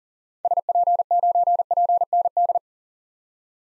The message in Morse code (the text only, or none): SP9PND